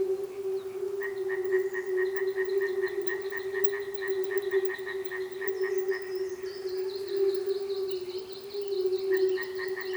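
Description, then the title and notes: Frogs in a chorus: a steady low trill runs throughout, with higher pulsed notes repeating rapidly over it and some fainter higher calls. Frogs in a frog reservation at Manušice, Česká Lípa, Czechia. "Manušice 28, 471 11 Česká Lípa, Česko - Frogs. Frog reservation"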